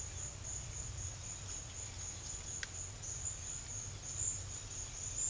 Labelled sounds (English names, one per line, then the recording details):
none
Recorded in secondary vegetation near Puerto Asís, Putumayo, Colombia, on 28 February 2025 at 11:00
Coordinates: 0.498, -76.327
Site G001